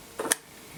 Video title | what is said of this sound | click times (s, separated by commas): Smart Colour Night Vision CCTV Camera - Easy Set up and Wire free - TP-Link Tapo C420 | And I've just heard that click. | 0.3 s